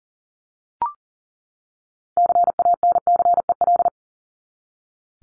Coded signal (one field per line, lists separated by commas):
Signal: Morse code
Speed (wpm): 40 wpm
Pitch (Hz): 700 Hz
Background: none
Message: CANCEL